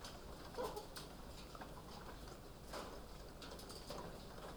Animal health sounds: poultry house recording; sick chickens (respiratory disease)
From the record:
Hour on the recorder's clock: 23

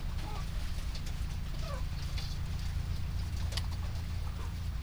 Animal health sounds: poultry house recording; sick chickens (respiratory disease)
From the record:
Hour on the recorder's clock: 20

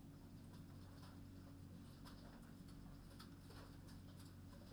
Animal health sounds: poultry house recording; no chicken sound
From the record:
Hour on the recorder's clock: 22

